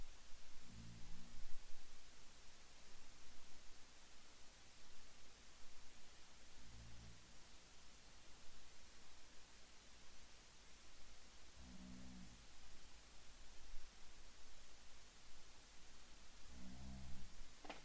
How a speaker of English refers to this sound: Can you hear... Oh, do you want to hear him snoring? Yeah. Okay, be quiet.